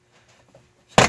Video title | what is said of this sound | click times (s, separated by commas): 2008 Toyota Sienna passenger side door cable part 1 | it and it all popped loose okay | 1.0 s